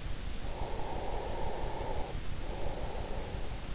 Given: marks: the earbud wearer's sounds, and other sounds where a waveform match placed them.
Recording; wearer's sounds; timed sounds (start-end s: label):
sounds in sleep by an in-ear microphone; breath
0.18-3.66 s: breath